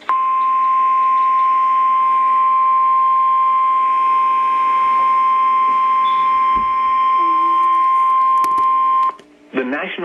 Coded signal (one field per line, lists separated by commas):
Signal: Emergency Alert System (SAME) tones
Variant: 1050 Hz attention tone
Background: speech